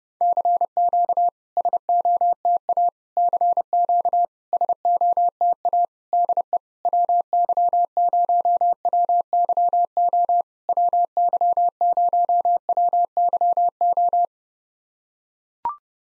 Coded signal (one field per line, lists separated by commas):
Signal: Morse code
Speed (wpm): 30 wpm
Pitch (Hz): 700 Hz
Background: none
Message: CQ SOTA CQ SOTA DE WY0WYO WY0WYO